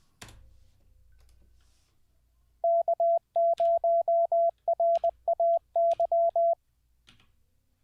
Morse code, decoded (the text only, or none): K0RAY